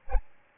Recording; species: mosquito wingbeat signal from an infrared sensor; Aedes albopictus